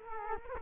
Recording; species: mosquito wingbeat signal from an infrared sensor; Culex quinquefasciatus